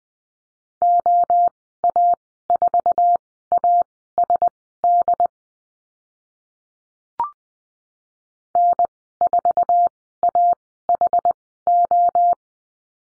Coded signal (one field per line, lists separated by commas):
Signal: Morse code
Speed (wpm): 20 wpm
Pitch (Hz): 700 Hz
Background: none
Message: OA4ASD N4AHO